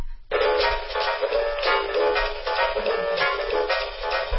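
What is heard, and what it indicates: Harsh, buzzy music with a thin, bass-less tone like a broken speaker, though its steady rhythmic pulses still mark it as a song. This simulates hearing a song through a cochlear implant with full cochlear coverage, electrodes along the whole cochlea: distorted, but recognizable as music.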